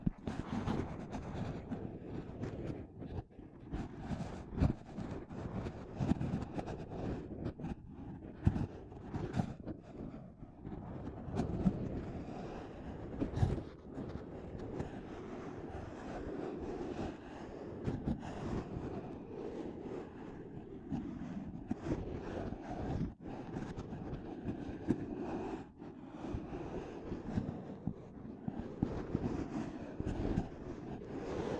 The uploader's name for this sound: Intense Mic Tapping and Scratching Sounds